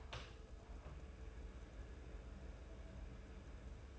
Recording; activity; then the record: daily activity, microphone in the room; open door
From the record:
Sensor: 2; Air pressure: 1015.0 hPa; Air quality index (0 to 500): 136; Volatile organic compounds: 5 ppm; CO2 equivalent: 1745 ppm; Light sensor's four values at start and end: 13/35/14/15 and 13/35/14/15